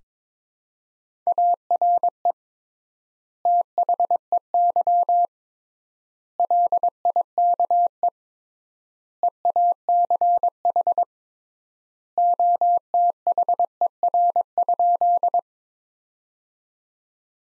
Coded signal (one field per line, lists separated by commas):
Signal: Morse code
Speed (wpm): 22 wpm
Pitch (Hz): 700 Hz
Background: none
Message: ARE THEY LIKE EACH OTHER?